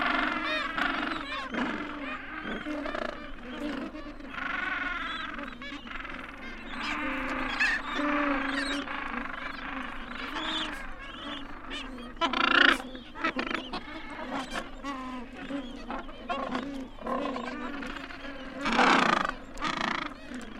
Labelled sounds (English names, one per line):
Gentoo Penguin call